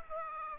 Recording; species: mosquito wingbeat signal from an infrared sensor; Aedes aegypti